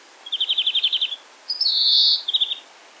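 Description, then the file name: European greenfinch song: a fast trill, then a long wheezy buzzing note, followed by a short trill. "Chloris chloris"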